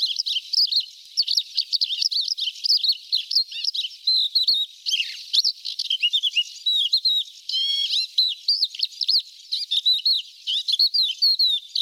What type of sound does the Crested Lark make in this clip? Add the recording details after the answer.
song. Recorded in the wild. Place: Nagyivan / Hortobagy, HU. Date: 1988-05-03. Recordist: Schwarz, Dieter